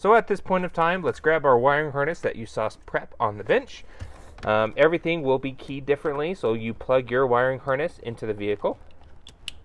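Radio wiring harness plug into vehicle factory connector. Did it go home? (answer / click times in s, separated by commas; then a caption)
yes / 9.5 s. An aftermarket radio wiring harness is plugged into the vehicle's factory plastic connector while someone talks. A sharp click at 9.5 s shows the connector has seated.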